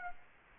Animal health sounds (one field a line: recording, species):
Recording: mosquito wingbeat signal from an infrared sensor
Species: Aedes aegypti